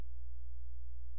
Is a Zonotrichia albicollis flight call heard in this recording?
no